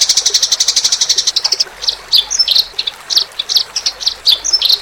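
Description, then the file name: Eurasian tree sparrow: a rapid, even burst of high chirps that breaks into jumbled, irregular twitters and squeaky notes. Local name gereja tarung, meaning fighting sparrow. "omkicau com gereja tarung"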